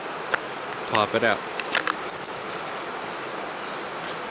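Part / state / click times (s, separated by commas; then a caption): plastic pivot lock on a hatchet sheath / released / 0.3 s. A hatchet sheath is held shut by an orange plastic pivot lock, and the lock is popped up to release it. A sharp snap is heard at 0.3 s as it pops open. Someone talks, and a few more light taps and clicks follow.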